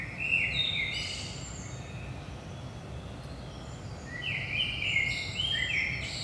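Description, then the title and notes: Common blackbird singing a mellow warble with a high twittered ending, a pause, then a second fluty phrase trailing into squeaky high notes; steady low rumble underneath. Recorded in Saint-Gilles, Belgium, at 5 am in the early morning; captured with a DPA 4060 pair in AB position into a Zoom F3 recorder. "Saint-Gilles, Belgique - 5am Blackbird. Blackbird in the morning. Merle au petit matin"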